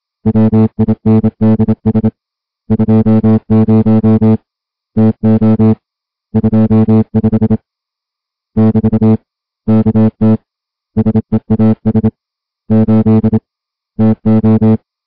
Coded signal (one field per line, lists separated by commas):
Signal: Morse code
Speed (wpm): 27 wpm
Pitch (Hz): 220 Hz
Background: music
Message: WINDS 20 TO 25 <BT> KT SEAS 8 TO